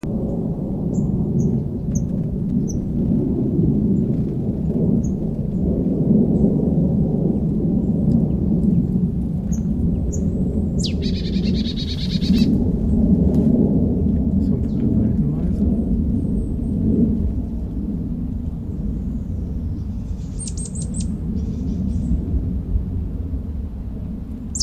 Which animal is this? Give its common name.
Marsh Tit